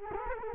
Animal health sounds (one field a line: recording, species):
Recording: mosquito wingbeat signal from an infrared sensor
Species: Culex quinquefasciatus